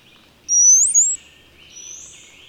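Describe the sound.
Bird song: a bright high whistle rising then falling, followed by a fainter upward-slurred note.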